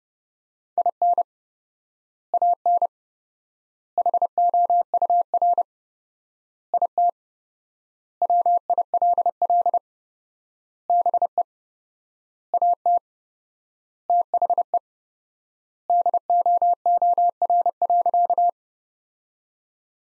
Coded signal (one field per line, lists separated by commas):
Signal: Morse code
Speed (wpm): 30 wpm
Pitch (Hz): 700 Hz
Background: none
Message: IN AN HOUR IT WILL BE AT THE DOOR.